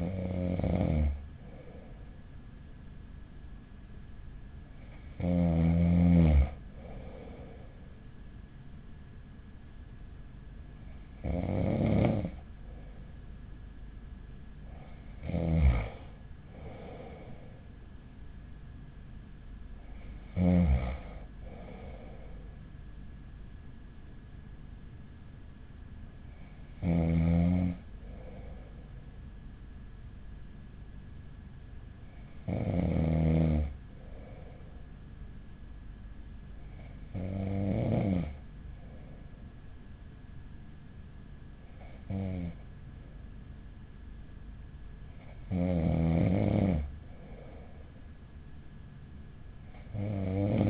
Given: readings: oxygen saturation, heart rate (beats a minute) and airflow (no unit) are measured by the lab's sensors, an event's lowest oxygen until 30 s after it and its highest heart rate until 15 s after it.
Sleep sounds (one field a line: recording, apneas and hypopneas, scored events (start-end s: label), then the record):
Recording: breathing in sleep by a smartphone at the bedside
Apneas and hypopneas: none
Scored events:
none scored
From the record:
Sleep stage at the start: N2 (light sleep)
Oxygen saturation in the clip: 94 to 95%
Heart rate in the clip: 41 to 45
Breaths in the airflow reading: 10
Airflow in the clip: -5.6 to 8.7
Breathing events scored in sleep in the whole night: 207 in 7.6 hours asleep